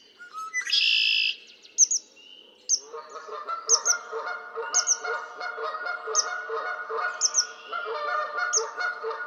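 Red-winged blackbird song: brief intro notes, then one loud buzzy trill. Goose-like honking follows, with sharp repeated double chirps.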